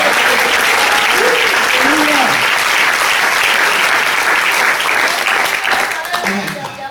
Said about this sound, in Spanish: ¿Cuántos aplauden a Jesús esta noche?